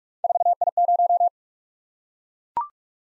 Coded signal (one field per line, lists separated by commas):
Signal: Morse code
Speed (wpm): 44 wpm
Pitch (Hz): 700 Hz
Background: none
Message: 4I0